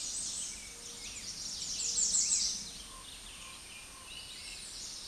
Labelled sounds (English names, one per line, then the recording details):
American Redstart song
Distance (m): 20 m
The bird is about 15 m above the microphone
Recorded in a Pennsylvania forest on 16 May 2024 at 09:02
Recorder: AudioMoth, point MSD-2027
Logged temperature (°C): 15.6 °C
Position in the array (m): 93 m, 242 m